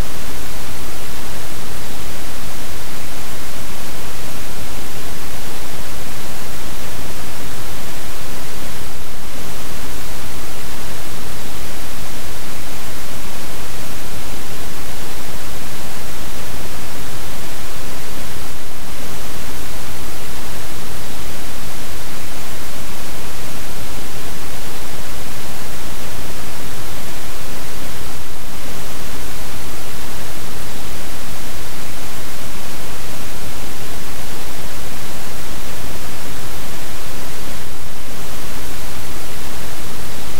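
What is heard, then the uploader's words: Pink noise runs steadily throughout, a dense, even hiss with a soft low rumble underneath and no change in loudness. Brief faint dips in the sound recur about every nine to ten seconds, otherwise it is constant with nothing else present. The calming sounds of pink noise. The gentle hum of the pink noise.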